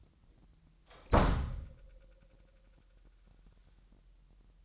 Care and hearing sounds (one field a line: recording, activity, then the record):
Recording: daily activity, microphone in the room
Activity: close door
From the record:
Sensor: 3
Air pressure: 998.3 hPa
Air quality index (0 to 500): 143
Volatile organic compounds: 5 ppm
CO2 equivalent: 1717 ppm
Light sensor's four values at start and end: 16/45/18/17 and 16/45/18/17